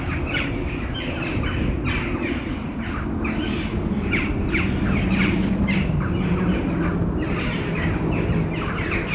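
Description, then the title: Crows calling, harsh caws tumbling over one another in rapid irregular succession, over a low background rumble. Crows before a storm at Domaine de Tivoli, Mechelen, Belgium; Sony PCM-M10 internal microphones. "Domaine de Tivoli, Malines, Belgique, Belgium - Corneilles avant lorage - Crows before the storm"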